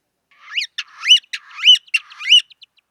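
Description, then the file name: Ground woodpecker calls, a series of four loud, harsh, rising-falling squeaky notes, with softer scratchy notes between them. "Golosa ptic - Zemlyanoj dyatel Geocolaptes olivaceus"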